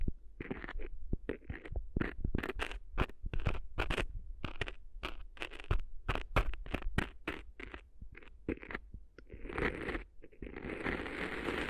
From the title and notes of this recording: ASMR Cleaning Sand Out of Your Ears (No Talking).